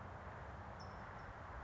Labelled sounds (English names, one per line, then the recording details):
California Towhee
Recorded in Sonoma County, California